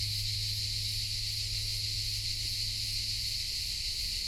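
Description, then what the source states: Numerous crickets sustain a bright, hissing high-pitched drone without breaks, with a low rumbling hum below. Hundreds of crickets and cicadas in a pine grove in Collserola, morning, over 30 °C heat, binaural recording.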